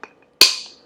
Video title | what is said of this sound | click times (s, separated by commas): Product Review - Snapware Glass Containers | this too snaps pretty well | 0.4 s